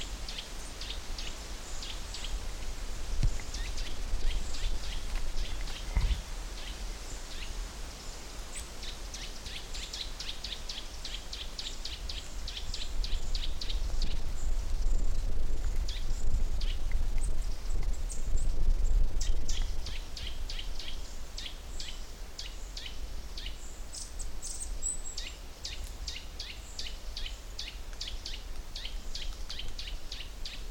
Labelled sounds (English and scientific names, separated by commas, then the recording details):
Eurasian Nuthatch (Sitta europaea)
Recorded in the wild
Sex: group
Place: Groß Dölln, Schorfheide, Brandenburg, DE
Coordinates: 53.01, 13.56
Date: 1996-08-06 17:26
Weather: wechselnd wolkig, ca. 17°C
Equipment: Sony MD-WM MZ-R3, Sennheiser ME 80, Kopie Uher 4000 Report Monitor
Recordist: Tembrock, Günter
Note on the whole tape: Trupp: diverse Lautformen. Bei "Karinhall"